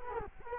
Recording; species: mosquito wingbeat signal from an infrared sensor; Culex quinquefasciatus